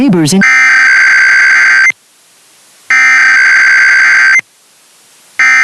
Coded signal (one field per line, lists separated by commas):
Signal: Emergency Alert System (SAME) tones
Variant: header bursts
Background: speech